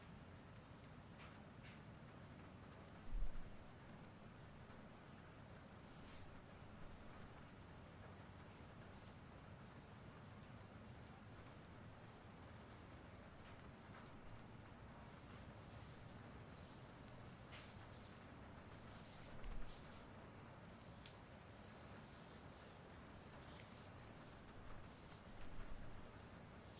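A shoulder massage in steady, dense rubbing and kneading, a low, rough friction sound that continues without pause. Brighter swishing strokes flare up now and then, with short louder bumps near the start, around two-thirds through, and again near the end.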